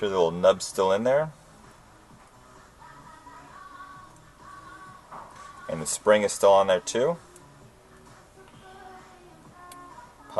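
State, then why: Not seated. During takedown of an Echo1 SOC16 airsoft rifle, a small nub-and-spring part is handled and lined up before being pressed into the rifle assembly. Someone talks in two bursts with quiet, faintly tonal background in between. Nothing has seated or clicked yet.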